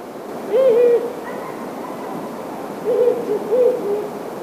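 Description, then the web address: Owl hooting: a short wavering hoot near the start, then after a pause a pair of similar low hoots close together, over a steady background hiss. "izumino saunndo hukurou"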